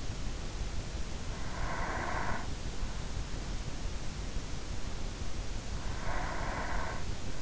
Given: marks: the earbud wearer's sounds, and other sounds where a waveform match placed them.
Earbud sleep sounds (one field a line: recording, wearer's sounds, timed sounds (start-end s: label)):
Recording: sounds in sleep by an in-ear microphone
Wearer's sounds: breath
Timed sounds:
1.03-3.10 s: breath
5.76-7.41 s: breath